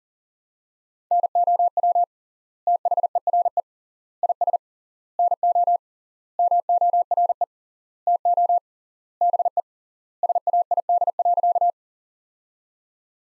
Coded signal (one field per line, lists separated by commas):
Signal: Morse code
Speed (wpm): 40 wpm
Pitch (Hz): 700 Hz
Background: none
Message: NOW THERE IS NO MORE TO BE SAID.